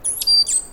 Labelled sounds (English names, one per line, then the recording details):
Stitchbird song
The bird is a male
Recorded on Tiritiri Matangi Island, New Zealand, in 2005
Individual 1, of nest box 1